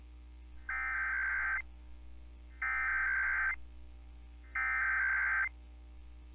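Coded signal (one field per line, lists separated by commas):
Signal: Emergency Alert System (SAME) tones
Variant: header bursts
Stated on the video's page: EAS Required Monthly Test, Indiana statewide test, from an FM broadcast station in Terre Haute.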